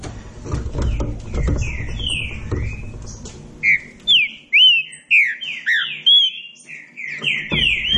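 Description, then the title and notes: Green-winged saltator song of clear whistled notes sliding up and down, delivered in quick bursts roughly twice a second, with low background rumble in the first half. Classic song of a trinca-ferro used as a training recording. "Canto Clássico Trinca Ferro TREINAMENTO. trinca fero"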